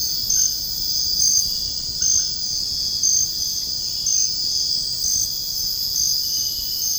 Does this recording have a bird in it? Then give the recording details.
no. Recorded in dense forest near Puerto Asís, Putumayo, Colombia, on 18 February 2024 at 04:30. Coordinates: 0.485, -76.325. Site G6429